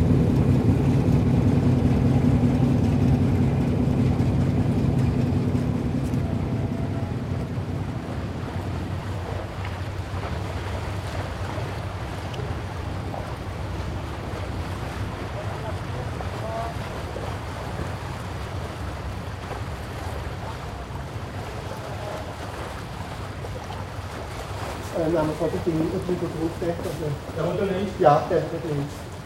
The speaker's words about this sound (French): qui fait 39 mètres sur 5 sur ces barges qu'on peut assembler en grand convoi. La barge chargé 2829 tonnes. C'est là l'arrière.